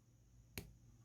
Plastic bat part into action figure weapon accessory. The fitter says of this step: 그리고 고정 같은 경우에는 딱 소리가 나게끔 고정이 됩니다. 들어보세요.